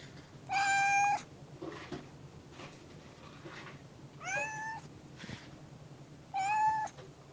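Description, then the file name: Cat: kitten meowing, three high mews spaced a few seconds apart, with steady low background noise behind. Kitten on a wall. "Gatito Muro"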